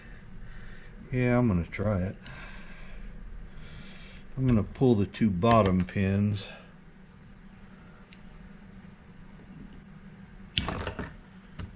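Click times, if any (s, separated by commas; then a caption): 10.6 s. While installing a Spartan Locker in the Dana 30 differential of a 1998 Cherokee XJ, someone talks about pulling the two bottom pins, then rotates the part. The spring-loaded steel pin snaps into its slot in the differential carrier with a sharp click at 10.6 s, followed by a few faint ticks. The pin is seated.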